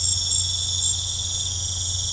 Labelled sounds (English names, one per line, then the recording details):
none
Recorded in pastures near Puerto Asís, Putumayo, Colombia, on 15 December 2024 at 20:00
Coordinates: 0.502, -76.324
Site G077